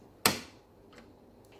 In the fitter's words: push the entire bobbin casing until it clicks in place